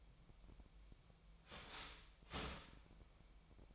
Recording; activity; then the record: daily activity, microphone in the room; start toaster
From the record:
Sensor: 1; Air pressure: 1002.0 hPa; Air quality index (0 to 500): 238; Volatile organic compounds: 43 ppm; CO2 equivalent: 3191 ppm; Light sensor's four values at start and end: 10/36/13/15 and 10/36/13/15